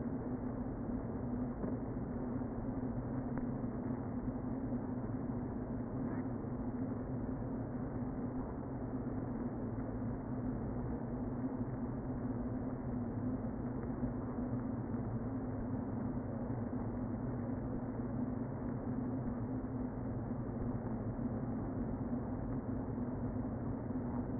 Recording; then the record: honeybee colony, microphone inside the hive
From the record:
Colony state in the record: queen present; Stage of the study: before two queens were removed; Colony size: about 60,000 bees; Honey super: yes